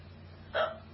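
A single abrupt, voiced hiccup with a sharp onset and brief tonal tail, a typical involuntary diaphragm spasm, in an adult.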